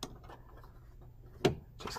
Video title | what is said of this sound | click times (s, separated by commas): Comment Vérifier l’Alimentation de la Télécommande du fauteuil massant OHCO M8 NEO ? ⚡ Guide Rapide! | clicks right into place | 1.5 s